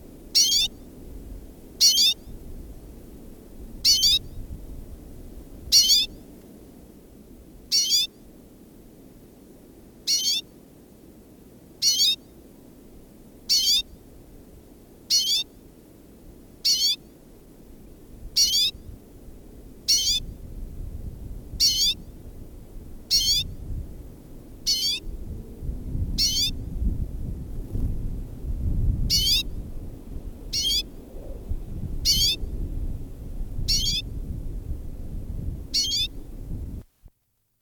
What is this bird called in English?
Common Redpoll